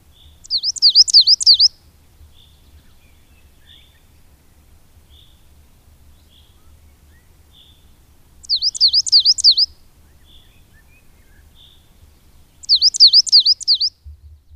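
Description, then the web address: Coal tit song: three bursts of high, bouncing two-note phrases repeated four or five times each, separated by gaps of about seven and three seconds with faint soft notes between. "agykontroll Madardalok Cd 1. Fenyves cinege"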